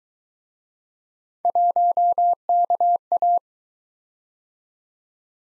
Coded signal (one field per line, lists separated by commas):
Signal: Morse code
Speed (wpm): 21 wpm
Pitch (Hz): 700 Hz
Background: none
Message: 1KA